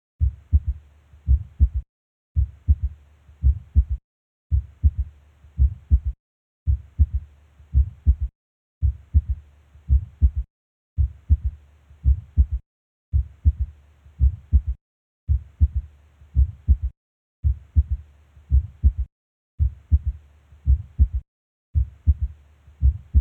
Third Heart Sound S3 Physiologic.